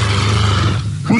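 A loud, low, rattling snore fills about a second, steady and coarse, with a brief change in tone at the end, from an adult man with severe obstructive sleep apnoea, asleep during a sleep-lab test with 14 electrodes on his head. It is heavy snoring, where the narrowed upper airway vibrates during sleep.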